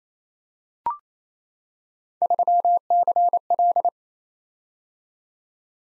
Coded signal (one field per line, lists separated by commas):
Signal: Morse code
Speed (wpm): 28 wpm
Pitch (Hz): 700 Hz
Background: none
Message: 3CL